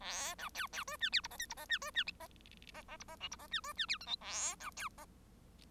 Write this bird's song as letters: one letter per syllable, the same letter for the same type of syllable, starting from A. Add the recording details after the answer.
A B C C D E F G H I G H E D E H H G H J G H E D E F K L A B C H. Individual Bird1